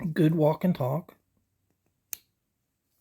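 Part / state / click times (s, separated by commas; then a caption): knife blade into the handle against the backspring / seated / 2.1 s. Someone talks while checking the walk and talk of a Remington dog leg slipjoint pocket knife stamped "Remington made in USA." At 2.1 s the blade snaps home into the handle against the backspring with a single sharp click, and it seats.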